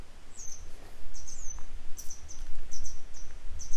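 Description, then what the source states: Grey wagtail calling: thin, high chirps in quick pairs and short bursts, repeated throughout above a low background rumble. A pair of grey wagtails, parents still searching for their young today; a follow-up report.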